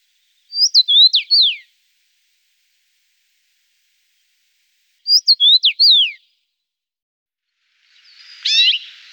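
Rosefinch delivering two short phrases of sharp, falling whistled notes, followed by a brief buzzier burst of notes at the end.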